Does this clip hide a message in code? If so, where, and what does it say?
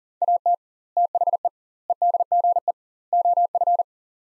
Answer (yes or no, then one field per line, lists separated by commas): yes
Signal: Morse code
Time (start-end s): 0.2-3.8 s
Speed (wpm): 40 wpm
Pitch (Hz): 700 Hz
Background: none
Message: AT THE EDGE OF